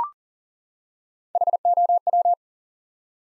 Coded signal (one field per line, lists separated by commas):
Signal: Morse code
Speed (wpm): 40 wpm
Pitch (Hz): 700 Hz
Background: none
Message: HOW